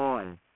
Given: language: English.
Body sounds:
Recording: throat vibration sensor signal played as sound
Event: speech

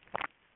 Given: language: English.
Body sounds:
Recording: throat vibration sensor signal played as sound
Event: swallow

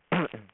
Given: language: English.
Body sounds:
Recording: throat vibration sensor signal played as sound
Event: throat clearing

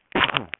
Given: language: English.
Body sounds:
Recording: throat vibration sensor signal played as sound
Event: cough

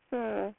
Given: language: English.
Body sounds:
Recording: throat vibration sensor signal played as sound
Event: speech

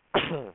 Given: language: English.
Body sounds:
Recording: throat vibration sensor signal played as sound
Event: cough

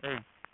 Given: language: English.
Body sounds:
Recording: throat vibration sensor signal played as sound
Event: speech

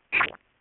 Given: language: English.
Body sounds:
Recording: throat vibration sensor signal played as sound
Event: swallow

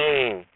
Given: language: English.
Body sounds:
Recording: throat vibration sensor signal played as sound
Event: speech

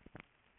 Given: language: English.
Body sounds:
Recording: throat vibration sensor signal played as sound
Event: swallow

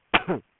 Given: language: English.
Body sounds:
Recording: throat vibration sensor signal played as sound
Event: cough

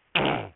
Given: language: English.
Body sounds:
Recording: throat vibration sensor signal played as sound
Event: throat clearing

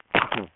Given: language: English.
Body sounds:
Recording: throat vibration sensor signal played as sound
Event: cough

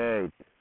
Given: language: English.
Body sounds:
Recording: throat vibration sensor signal played as sound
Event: speech

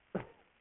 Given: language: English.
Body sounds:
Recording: throat vibration sensor signal played as sound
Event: cough

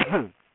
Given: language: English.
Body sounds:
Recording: throat vibration sensor signal played as sound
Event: cough

